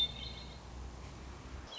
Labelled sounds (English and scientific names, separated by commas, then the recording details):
Hermit Thrush (Catharus guttatus)
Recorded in Sonoma County, California